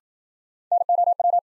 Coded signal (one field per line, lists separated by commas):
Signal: Morse code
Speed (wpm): 53 wpm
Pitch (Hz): 700 Hz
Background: none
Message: NOW